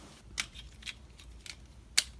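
While transforming an X-Transbots MM-IX Klaatu pre-production sample plastic figure, a part is fitted into the figure, with light plastic clicks and handling at about 0.4, 0.9 and 1.5 seconds. A sharp, loud click at 2.0 seconds is the part snapping into place, fully seated.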